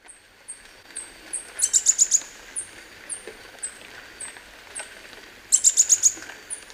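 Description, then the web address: Red-faced spinetail: single very high, thin downslurred notes spaced evenly, broken twice by quick bursts of four or five sharp chips. Recorded in Ecuador. "Natures Songs S America Birds of Ecuador Red-faced Spinetail"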